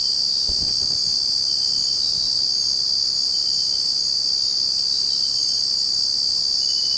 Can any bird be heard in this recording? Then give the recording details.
no. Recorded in secondary vegetation near Puerto Asís, Putumayo, Colombia, on 19 February 2024 at 04:30. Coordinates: 0.489, -76.322. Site G6419